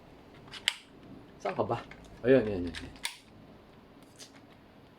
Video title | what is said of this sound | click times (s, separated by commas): (Airsoft Review) G&G Armament MGCR 556 Full Metal Gas Blowback Rifles | okay na yan naka-lock na | 0.7 s